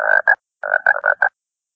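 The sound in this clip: Frog croaking, a run of short raspy pulses in two bursts separated by a brief pause, then silence.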